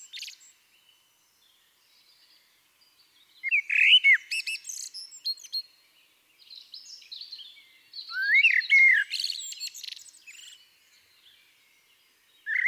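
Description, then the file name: Eurasian blackbird song in separate phrases: fluty rising and falling whistles followed by thin, scratchy twitters, with a few seconds of near silence between phrases. "Turdus merula"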